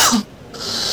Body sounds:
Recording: coughing mixed with background sound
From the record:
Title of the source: November cold (wet coughing)

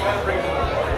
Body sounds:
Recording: background sound without coughing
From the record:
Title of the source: CITY SOUNDS Busy Bar in the Evening Night - 2 HOURS of Ambiance for Relaxation

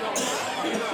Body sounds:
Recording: coughing mixed with background sound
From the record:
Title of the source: Spring Cold Coughing.

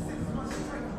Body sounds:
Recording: background sound without coughing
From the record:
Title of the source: 60 minutes of coffee shop sounds for study and concentration

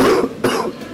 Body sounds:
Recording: coughing mixed with background sound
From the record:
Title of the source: Coughing 77

